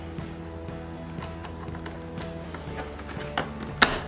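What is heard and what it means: After a failed try, a plastic side brush is pressed onto its post on an Amarey robot vacuum. Small ticks and handling sounds play over a steady tonal background, then a sharp click rings out at 3.8 s. The side brush snaps home and is seated.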